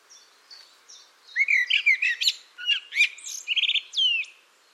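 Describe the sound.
Bird giving a rapid jumble of bright chirps and whistled slurs, fast and irregular, with several high up-and-down notes and sharp ticks through the second half.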